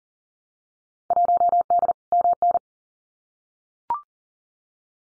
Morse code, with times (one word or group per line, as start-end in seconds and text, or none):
1.1-1.9 1D
2.1-2.6 MN